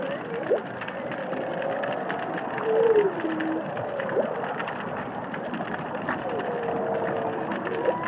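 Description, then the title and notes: Humpback whale song: a series of gliding tonal units, some falling and some upswept, with a brief louder squeal partway through, set against constant underwater background noise. Humpback whales singing and calling, recorded underwater in the Indian Ocean. "Whale Song is a collection of underwater recordings of humpback whales"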